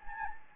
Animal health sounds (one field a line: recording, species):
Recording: mosquito wingbeat signal from an infrared sensor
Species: Anopheles gambiae